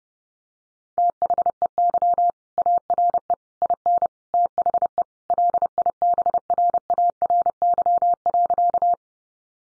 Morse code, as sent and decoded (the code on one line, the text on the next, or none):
- .... . -.-- / .- .-. . / .. -. / - .... . / .-.. .. -... .-. .- .-. -.-- .-.-.-
THEY ARE IN THE LIBRARY.